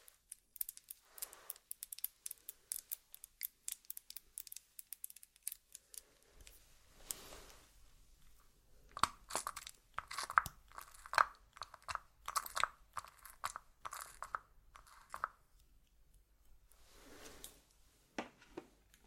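Makeup ASMR sounds with no talking: quick crisp clicks, taps and soft scratchy brushing in irregular bursts. A thin hum enters around six seconds, and the busiest stretch, from about nine to fifteen seconds, brings rapid ringing taps before sparser clicks return.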